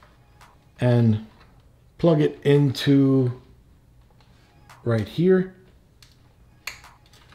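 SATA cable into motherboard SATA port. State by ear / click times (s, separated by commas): seated / 6.7 s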